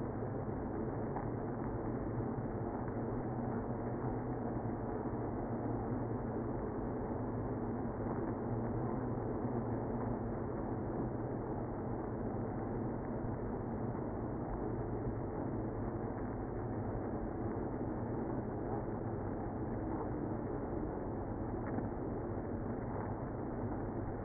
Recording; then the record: honeybee colony, microphone inside the hive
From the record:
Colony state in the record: queenless (queen removed); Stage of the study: after two queens were removed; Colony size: about 60,000 bees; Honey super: yes